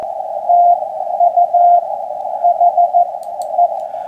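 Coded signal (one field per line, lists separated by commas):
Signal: Morse code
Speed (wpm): 14 wpm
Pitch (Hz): 720 Hz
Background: radio noise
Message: TU HE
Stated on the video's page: Saturday morning Parks on the Air operation on an FDX10 with a 71ft end-fed antenna, manual or automatic tuner.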